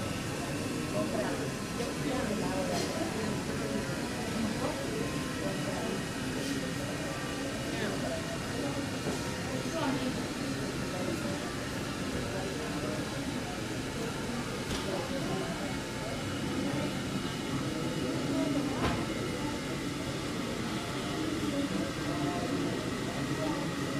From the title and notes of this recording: Waiting in Terminal 3 At The Ft.Lauderdale Airport. It's an early morning flight so you will hear sounds of shops and restaurants starting to open as passengers file their way in.